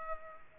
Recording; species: mosquito wingbeat signal from an infrared sensor; Culex pipiens